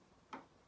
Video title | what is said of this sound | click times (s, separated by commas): Fortress / strongbolt / Yale pin & cam part2 | Did you hear it click? So that one now is clicked and it's ticking. | 0.3 s